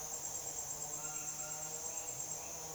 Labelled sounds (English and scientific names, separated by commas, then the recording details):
none
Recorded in dense forest near Puerto Asís, Putumayo, Colombia, on 22 June 2025 at 08:00
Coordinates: 0.484, -76.325
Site H65